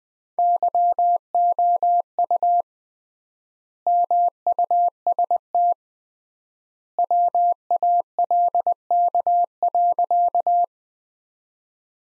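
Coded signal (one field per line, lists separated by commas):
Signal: Morse code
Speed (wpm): 20 wpm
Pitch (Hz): 700 Hz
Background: none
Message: YOU MUST WALK.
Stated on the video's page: Morse practice drill of sentences from the top 300 words at 20 wpm with 3x word spacing, a Farnsworth-like method applied to words.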